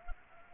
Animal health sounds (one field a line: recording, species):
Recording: mosquito wingbeat signal from an infrared sensor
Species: Anopheles arabiensis